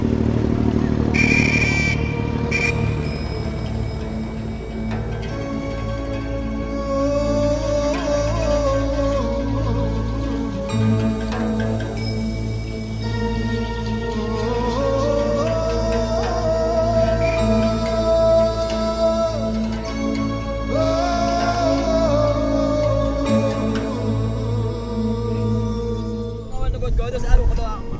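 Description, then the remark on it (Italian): Motorboat engines of traditional wooden cargo boats, their sails replaced by motors, on the route from Dubai to Iran, drone on without pause: a loud, steady low rumble layered with humming tones that slowly rise and fall in pitch, ending in a brief clatter. “imbarcazioni tradizionali dove la vela è stata sostituita dai motori che ronzano senza posa”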